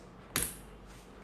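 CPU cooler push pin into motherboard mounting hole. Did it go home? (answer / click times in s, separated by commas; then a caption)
yes / 0.4 s. A plastic push pin on a CPU cooler is pressed down through a motherboard mounting hole while the cooler is held in place. A single sharp click comes at 0.4 s, standing well above the quiet background, as the pin locks in. The pin is seated and the cooler is fixed.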